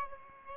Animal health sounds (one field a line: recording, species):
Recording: mosquito wingbeat signal from an infrared sensor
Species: Aedes albopictus